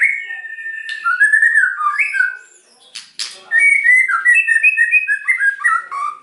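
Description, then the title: White-rumped shama song of fluty, wavering whistles, a short quiet break with a sharp click, then rapid repeated clear notes rising and falling. White-rumped shama singing energetically (gacor), used as a lure (pancingan) to provoke a response from other birds. "PANCINGAN MEWAH MURAI BATU GACOR"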